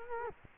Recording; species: mosquito wingbeat signal from an infrared sensor; Culex quinquefasciatus